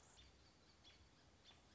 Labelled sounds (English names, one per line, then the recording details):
American Robin
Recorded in Sonoma County, California